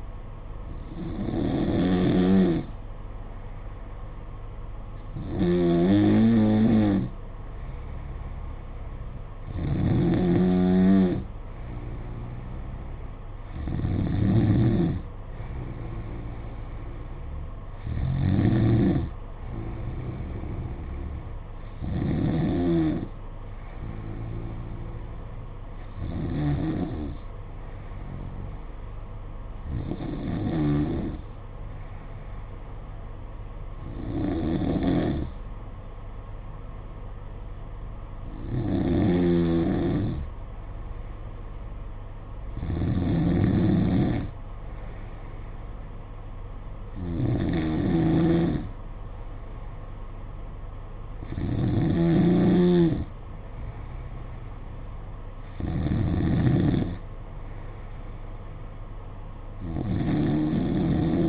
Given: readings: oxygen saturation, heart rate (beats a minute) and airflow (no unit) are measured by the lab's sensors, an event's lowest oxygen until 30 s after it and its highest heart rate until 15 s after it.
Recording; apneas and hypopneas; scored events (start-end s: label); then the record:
breathing in sleep by a smartphone at the bedside; none
none scored
From the record:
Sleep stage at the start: N2 (light sleep); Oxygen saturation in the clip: 92 to 94%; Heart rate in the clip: 53 to 57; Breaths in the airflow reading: 14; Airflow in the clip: -4.9 to 3.8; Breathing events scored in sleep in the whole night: 476 in 9.7 hours asleep